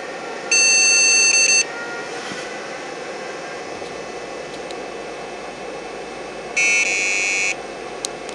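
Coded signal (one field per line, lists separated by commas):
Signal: beep code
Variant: Award BIOS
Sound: two long high-pitched buzzer beeps about five seconds apart over faint hum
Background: fan noise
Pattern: 2 long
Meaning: BIOS ROM checksum error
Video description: Kobian Kob Kt266a Award Bootblock Bios Bios Rom checksum error.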